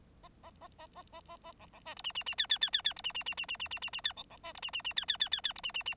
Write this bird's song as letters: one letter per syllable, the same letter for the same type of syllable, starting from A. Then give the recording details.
A A A A A A A A B B C D E E E F F F F F D E E E E E E E E E F B B C D E E E F F F F F D E E E. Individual Bird9